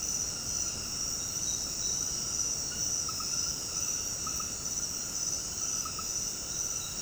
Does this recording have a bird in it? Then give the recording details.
no. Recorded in dense forest near Puerto Asís, Putumayo, Colombia, on 21 February 2024 at 21:30. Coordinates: 0.486, -76.316. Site G6437